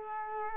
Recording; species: mosquito wingbeat signal from an infrared sensor; Culex quinquefasciatus